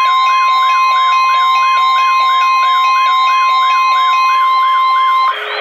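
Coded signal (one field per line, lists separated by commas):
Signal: Emergency Alert System (SAME) tones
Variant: 1050 Hz attention tone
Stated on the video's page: Required weekly test heard on a La Crosse 810-805 weather radio, with 12-522 and 12-993 radios in the background.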